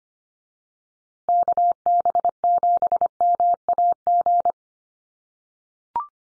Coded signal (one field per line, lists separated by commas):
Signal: Morse code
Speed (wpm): 25 wpm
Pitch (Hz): 700 Hz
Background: none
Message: KB7MAG